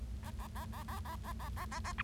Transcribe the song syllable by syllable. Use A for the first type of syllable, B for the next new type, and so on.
A A A A A A A A A A A B